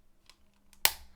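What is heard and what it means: A plastic part of a knockoff Fuunsaiki model kit, which at first would not snap into place as it should, is pushed onto the kit body. Two faint light ticks come at about 0.3 and 0.7 s, then a sharp, loud snap at 0.9 s as the part seats.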